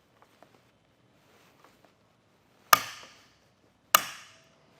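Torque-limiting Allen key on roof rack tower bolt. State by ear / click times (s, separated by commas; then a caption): torque reached / 2.7 s, 3.9 s. A torque-limiting Allen key, the included key with a torque device, tightens the tower bolt on a Thule WingBar Edge roof rack for flush rails on a 2023 Jeep Grand Cherokee. After a few faint ticks, two sharp, loud clicks ring out at 2.7 s and 4.0 s, each fading over about half a second. The key has clicked at its torque setting.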